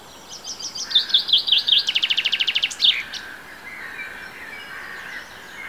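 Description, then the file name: Common chaffinch song: a quick run of bright descending notes that speeds into a rattling trill and ends in a sharp flourish, followed by faint bird calls. "Fringilla coelebs"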